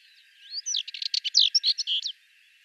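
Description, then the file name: Sardinian warbler giving one brief phrase: a rising whistled slur followed by a fast rattling chatter of many clipped notes. "Fauvette melanocephale"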